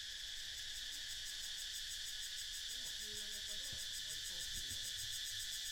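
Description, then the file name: A cicada chorus drones continuously in a high, rapidly throbbing buzz, with a few faint low tonal sounds briefly in the middle. More than one cicada. "freesound cicadas"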